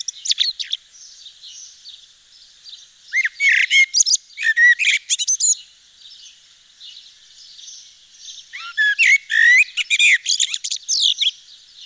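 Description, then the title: Eurasian blackbird delivering two phrases of fluty warbling notes that break into fast, high, scratchy twitters, separated by several seconds of faint background chirping. Nord region, northern France. "Sylvain Jaskowiak - Mes piafs. Merle noir dans le Nord"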